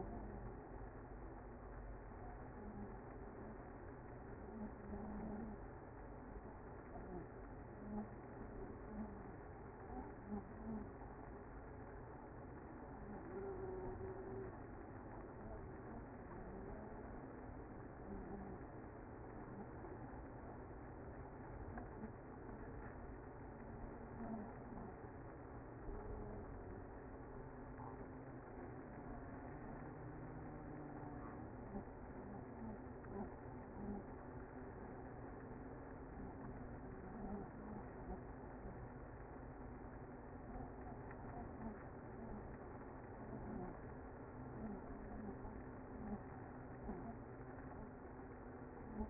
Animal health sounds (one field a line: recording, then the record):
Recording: honeybee colony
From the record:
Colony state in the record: active